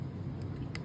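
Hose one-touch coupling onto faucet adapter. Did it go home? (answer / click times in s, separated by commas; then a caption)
yes / 0.8 s. A plastic one-touch hose coupling is pushed onto a threaded tap adapter, and a short, sharp click at 0.8 s shows it has seated. A steady low hum runs underneath the whole clip.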